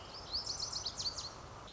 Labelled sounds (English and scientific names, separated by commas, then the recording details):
Lazuli Bunting (Passerina amoena)
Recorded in Sonoma County, California